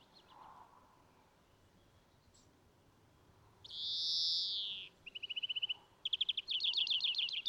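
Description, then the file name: European greenfinch: finch song: after a quiet start comes one long nasal wheeze, followed by rapid rattling trills. "Chloris chloris"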